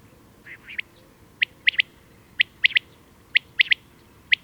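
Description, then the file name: Common quail song: short, sharp three-note phrases, the first note apart and the last two quick, repeated about once a second against a quiet background. "common-quail coturnix coturnix"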